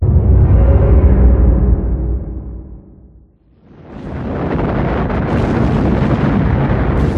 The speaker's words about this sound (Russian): Завывание летящих снарядов, разрывы, свист осколков и картечи, крики, стоны, ржание, топот. На довольно просторном пятачке перед мостом через реку Утрою сейчас творился форменный ад.